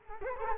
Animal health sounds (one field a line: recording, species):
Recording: mosquito wingbeat signal from an infrared sensor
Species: Culex quinquefasciatus